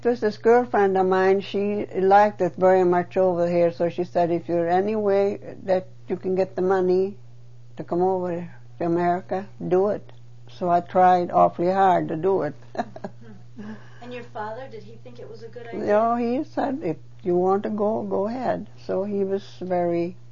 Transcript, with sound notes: Just this girl friend of mine, she liked it very much over here, so she said, "If there's any way that you can get the money to come over to America, do it." So I tried awfully hard to do it. (She laughs.)
And your father, did he think it was a good idea?
Oh, he said, "If you want to go, go ahead." So he was very